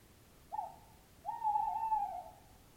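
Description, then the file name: Owl hoots: a short hoot, then after a brief pause a longer drawn-out hoot, both at a steady mid pitch over a quiet background. "chouette"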